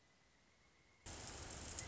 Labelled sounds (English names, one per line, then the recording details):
Pileated Woodpecker
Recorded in Sonoma County, California